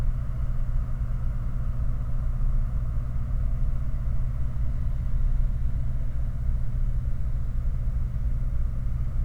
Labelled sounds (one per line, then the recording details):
machinery
flare stack
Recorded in the Prudhoe Bay oil fields, Alaska, on 5 August 2019 at 01:25
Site 29